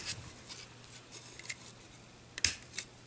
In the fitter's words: they go in and out on a nice clicke clackety joint and I pop the